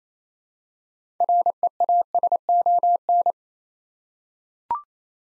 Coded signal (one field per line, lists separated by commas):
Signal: Morse code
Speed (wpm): 28 wpm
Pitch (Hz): 700 Hz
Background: none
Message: REASON